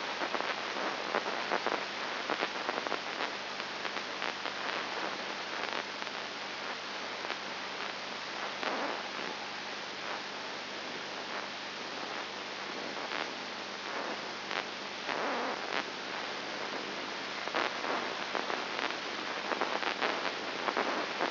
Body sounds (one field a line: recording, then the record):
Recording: brain microelectrode recording played as sound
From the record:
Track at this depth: inside the subthalamic nucleus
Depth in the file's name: 4.901 mm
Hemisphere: left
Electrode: 2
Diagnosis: Parkinson's disease